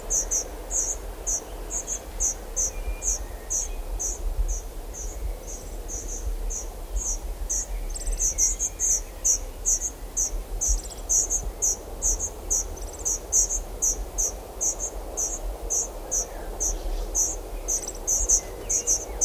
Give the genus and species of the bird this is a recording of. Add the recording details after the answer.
Serinus serinus. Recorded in the wild. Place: Hannover, Niedersachsen, DE. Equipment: Halbspur 19 cm. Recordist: Lütgens, Hans